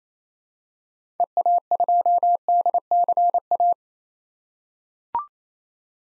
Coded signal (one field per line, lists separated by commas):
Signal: Morse code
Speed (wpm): 27 wpm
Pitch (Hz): 700 Hz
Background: none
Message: EA2DCA